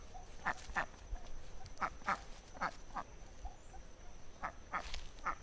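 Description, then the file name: Duck giving clipped paired quacks, several double notes, over low background rumble and a thin constant high whine. "canto do pato selvagem"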